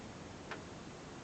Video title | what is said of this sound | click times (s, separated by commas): Wheelchair Accessible Peugeot Partner Horizon For Sale - T: 01634 716911 | up like that clicks | 0.5 s